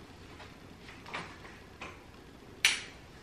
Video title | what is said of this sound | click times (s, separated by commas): EVENFLO PIVOT MODULAR TRAVEL SYSTEM STROLLER REVIEW 2021 (EVENFLO STROLLER UNBOXING) | There you go, clicked. | 2.6 s